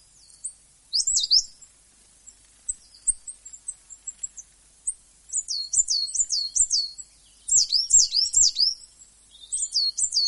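Coal tit singing high, quick repeated phrases in several bursts, with thin single notes between them.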